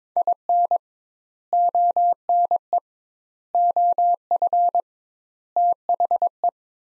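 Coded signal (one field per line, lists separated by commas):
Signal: Morse code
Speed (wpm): 22 wpm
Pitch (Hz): 700 Hz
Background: none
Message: IN ONE OF THE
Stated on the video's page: Morse practice drill of four-word sets at 22 wpm with 2x word spacing, a Farnsworth-like method applied to words.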